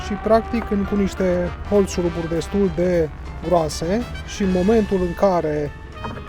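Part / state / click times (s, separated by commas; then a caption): add-on security lock on a caravan garage door frame / not seated / none. An add-on security lock clipped onto the aluminium frame of a caravan's garage door is handled while someone talks over background music and a low steady hum, with a short sharp sound near 6.0 s. The lock is being closed to stop the door from opening, but nothing has seated or clicked yet.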